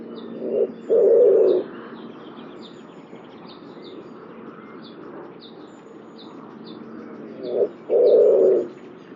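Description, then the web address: Bird repeats a low two-part coo about seven seconds apart. High chirps from other birds sound in the background. "cianscape birddata Deverinetal 2025 Bird Only"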